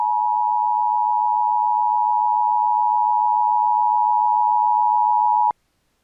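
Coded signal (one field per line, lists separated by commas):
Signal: Emergency Alert System (SAME) tones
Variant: 853 and 960 Hz attention tone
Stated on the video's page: Entirely fictional EAS scenario based on a horror film, possibly with valid EAS tones.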